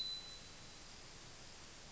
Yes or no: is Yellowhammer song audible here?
no